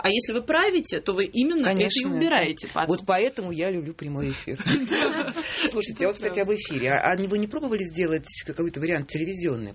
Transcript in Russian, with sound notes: А если вы правите, то вы именно это и убираете…
Конечно. Вот поэтому я люблю прямой эфир. (смех) Слушайте, а вот, кстати, об эфире. А вы не пробовали сделать какой-то вариант телевизионный?